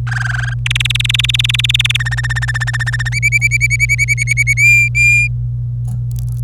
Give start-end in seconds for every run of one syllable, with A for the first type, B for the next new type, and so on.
0.07-0.54 A, 0.66-1.97 B, 2.00-3.09 C, 3.12-4.53 D, 4.57-5.27 E